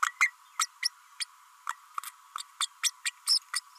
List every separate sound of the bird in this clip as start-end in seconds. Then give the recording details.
0.02-0.06, 0.20-0.30, 0.59-0.66, 0.82-0.89, 1.20-1.24, 2.38-2.42, 2.60-2.67, 2.83-2.90, 3.05-3.12, 3.27-3.39, 3.53-3.60. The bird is a female. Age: 32 days. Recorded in a nest box in Venezuela. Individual 17B32A5